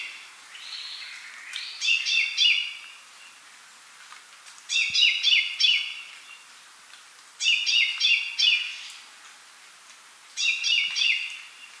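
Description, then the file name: Common chaffinch singing quick, chattering trilled phrases with a falling end, repeated four times at roughly three-second intervals against a faint hiss. "Fringilla coelebs"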